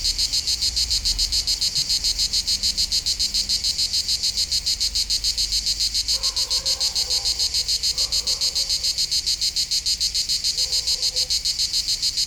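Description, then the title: Cicada song, a loud high buzzing pulsed in a steady rapid rhythm, with a few faint lower tonal sounds from midway on. Local cicadas in full activity on a hot summer day at the foot of the Molard de Vions, Vions, France; rhythmic song. "Rue De BOVERON, Vions, France - Rythmique des cigales"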